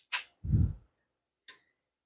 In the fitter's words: I love when they just snap into place like that that is wonderful makes things so much easier